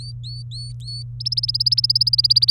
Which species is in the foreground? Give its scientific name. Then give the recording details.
Serinus canaria. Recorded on 23 April 2018 at 18:11. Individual llb3